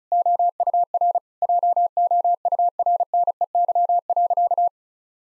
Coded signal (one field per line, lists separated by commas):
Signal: Morse code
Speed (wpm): 36 wpm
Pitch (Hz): 700 Hz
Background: none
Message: OUR JOURNEY.